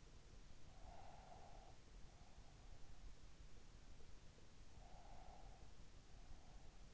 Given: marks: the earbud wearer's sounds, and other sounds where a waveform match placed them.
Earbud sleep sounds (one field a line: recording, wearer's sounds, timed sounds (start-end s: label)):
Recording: sounds in sleep by an in-ear microphone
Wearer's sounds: breath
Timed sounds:
0.67-2.81 s: breath
4.77-6.73 s: breath